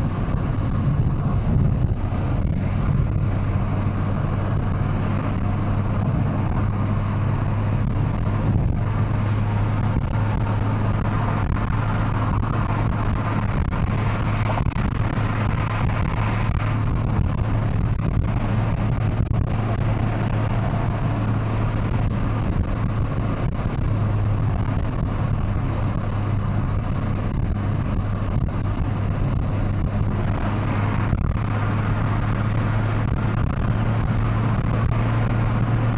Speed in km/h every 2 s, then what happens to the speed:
109, 111, 114, 118, 120, 122, 122, 123, 124, 125, 124, 121, 116, 115, 114, 117, 122, 131.
0-17 speeds up to 125. 17-28 slows to 114. 28-36 speeds up to 131.